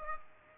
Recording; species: mosquito wingbeat signal from an infrared sensor; Aedes aegypti